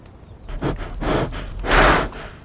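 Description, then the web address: Reindeer breathing: three soft, breathy breaths, the last one the strongest, with a low rumble underneath. Breathing into the microphone. "respiracao do reno no microfone"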